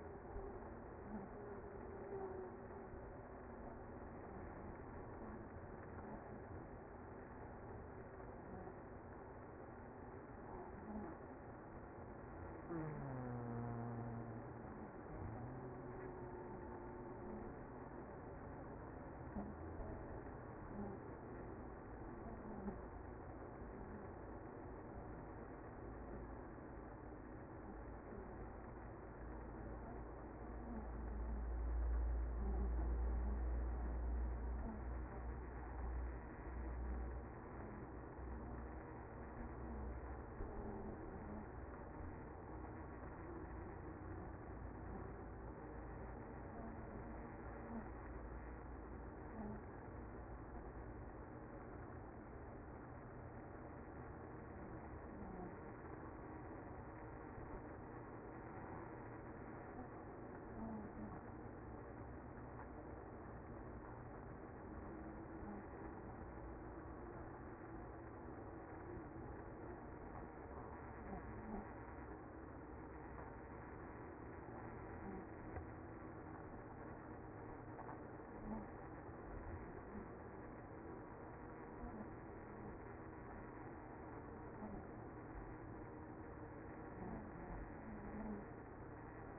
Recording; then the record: honeybee colony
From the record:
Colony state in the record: active